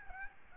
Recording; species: mosquito wingbeat signal from an infrared sensor; Aedes albopictus